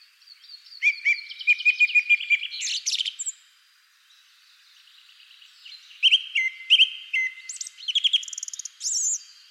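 Bird song in two bursts of high, varied chirps, whistles and trills, with a short quiet gap between the bursts.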